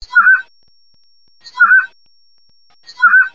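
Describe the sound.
Montezuma quail giving a short call three times, about every one and a half seconds, with silence between calls.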